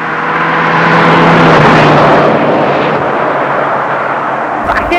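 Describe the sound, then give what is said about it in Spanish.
Two city buses roar past in street traffic, a loud, steady engine rumble with a low droning hum that swells around the second second, then eases, ending in a brief clatter. “No, y pasa que tengo que entrar al móvil en este momento porque si no me van a atropellar alguno de los dos colectivos y no tengo la llave del móvil.”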